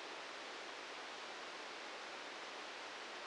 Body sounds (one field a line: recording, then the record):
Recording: brain microelectrode recording played as sound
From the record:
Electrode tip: outside the subthalamic nucleus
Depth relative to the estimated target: 4 mm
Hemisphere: right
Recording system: NeuroSet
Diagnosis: Parkinson's disease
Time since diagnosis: 10 years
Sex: male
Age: 56 years